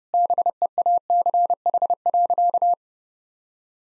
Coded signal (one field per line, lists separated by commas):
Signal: Morse code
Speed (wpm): 30 wpm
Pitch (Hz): 700 Hz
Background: none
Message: BEACH.